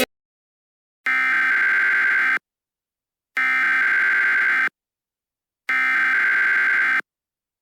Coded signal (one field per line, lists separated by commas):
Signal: Emergency Alert System (SAME) tones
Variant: header bursts